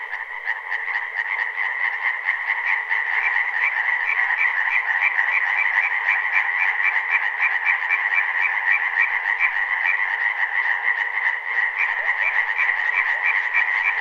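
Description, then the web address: Frogs calling in a dense, steady chorus of rapidly repeated notes that continue throughout. "jansuswillo. frogs"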